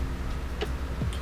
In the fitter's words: this one has like a squeeze thing around the back so you squeeze the two clicks and it comes out like that